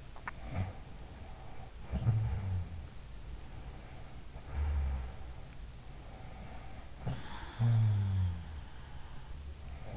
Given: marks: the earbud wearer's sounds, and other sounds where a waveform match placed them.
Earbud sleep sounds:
sounds in sleep by an in-ear microphone; swallowing
0.00-0.57 s: swallowing
0.39-3.07 s: sound from someone else or the room
3.17-5.75 s: sound from someone else or the room
5.82-9.43 s: sound from someone else or the room

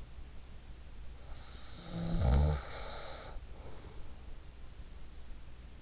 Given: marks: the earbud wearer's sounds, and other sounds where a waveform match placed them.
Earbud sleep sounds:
sounds in sleep by an in-ear microphone; snoring breath
1.81-4.13 s: snoring breath

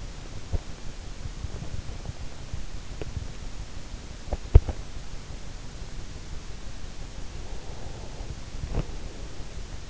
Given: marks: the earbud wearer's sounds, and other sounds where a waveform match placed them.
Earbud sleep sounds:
sounds in sleep by an in-ear microphone; teeth grinding, breath
0.00-4.93 s: teeth grinding
7.54-9.75 s: breath
8.49-9.15 s: teeth grinding

